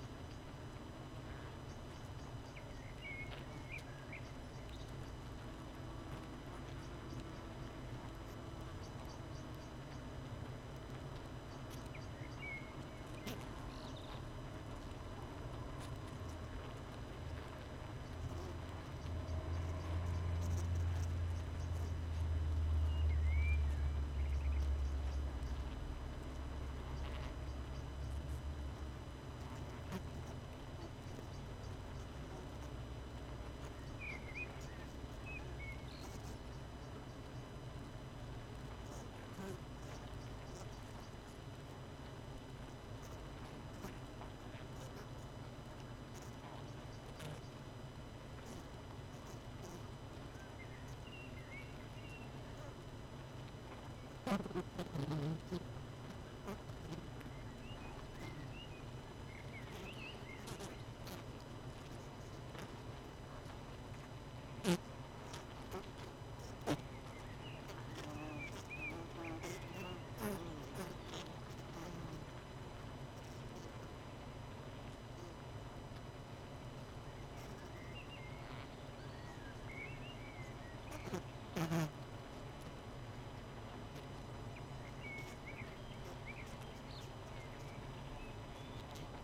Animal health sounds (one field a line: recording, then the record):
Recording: honeybee colony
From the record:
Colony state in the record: missing queen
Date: 31 May 2018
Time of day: 19:00